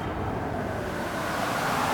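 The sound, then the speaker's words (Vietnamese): A steady, rushing roar of wind, blowing sand about over a field of white buckwheat flowers at night, fills the whole stretch, broad and noisy with no breaks, swelling slightly louder toward the end. No voices are heard. “Anh ta vừa dứt lời thì một cơn gió ào ào thổi tới, cát tung mù mịt, khiến cho người ta chao đảo nhắm tịt cả mắt.”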